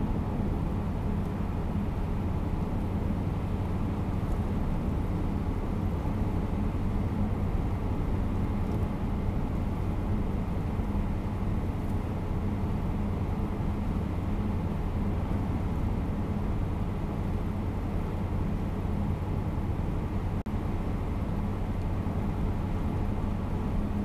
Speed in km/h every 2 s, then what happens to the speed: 89, 90, 91, 91, 92, 92, 93, 91, 91, 92, 92, 93.
0-24 steady at about 91.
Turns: none.